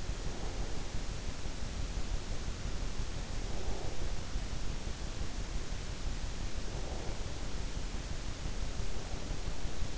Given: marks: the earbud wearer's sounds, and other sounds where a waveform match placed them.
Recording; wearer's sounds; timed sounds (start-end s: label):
sounds in sleep by an in-ear microphone; breath
0.00-1.16 s: breath
3.29-4.13 s: breath
6.65-7.50 s: breath